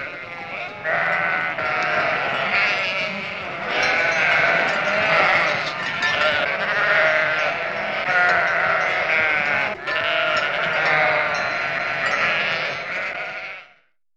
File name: Sheep flock